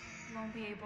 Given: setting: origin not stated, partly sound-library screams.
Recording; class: one-second piece from a danger detection set; woman in danger